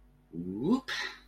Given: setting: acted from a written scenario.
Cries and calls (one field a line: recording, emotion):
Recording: vocal sound without words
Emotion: elation